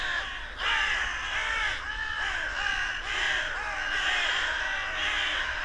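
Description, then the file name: Carrion crow caws, many rasping calls overlapping into a steady clamour with short descending notes repeated again and again. "Corvus corone"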